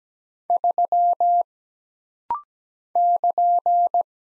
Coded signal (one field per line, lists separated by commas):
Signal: Morse code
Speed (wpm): 17 wpm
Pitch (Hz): 700 Hz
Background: none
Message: 3 <KN>